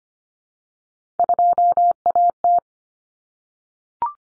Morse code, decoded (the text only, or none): 2AT